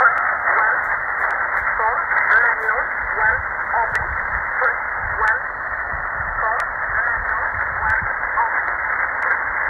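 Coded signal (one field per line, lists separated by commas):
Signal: numbers station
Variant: E11 Oblique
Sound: faint spoken words at roughly regular intervals buried in hissy shortwave static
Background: radio static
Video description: 4505 kHz USB - E11 "Oblique" Numbers Station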